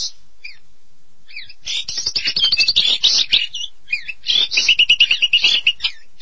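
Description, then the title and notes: Starling song opening with a few scattered squeaky notes, then a fast run of rattling chatter and trills. "suara burung jalak"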